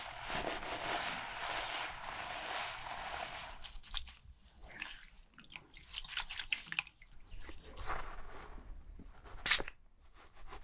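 Shampoo being worked through hair, with a steady wet rushing hiss for the first four seconds. After that the sound breaks into irregular bursts of scratchy brushing and squelching with short quiet gaps, and a sharp bright scrape near nine and a half seconds.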